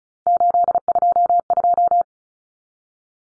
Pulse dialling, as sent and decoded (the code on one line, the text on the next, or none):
none